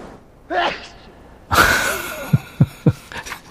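A short voiced catch of breath, then a sudden loud, hissing explosive burst with a falling voiced tail, followed by three soft low thumps. A single sneeze from an adult.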